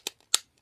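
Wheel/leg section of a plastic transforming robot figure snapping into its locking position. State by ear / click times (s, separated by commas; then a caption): seated / 0.3 s. A wheel/leg section of a plastic transforming robot figure is pushed into place during a transformation. A softer plastic click at 0.1 s and faint ticks lead up to a loud, sharp snap at 0.3 s. The part seats in its locking position.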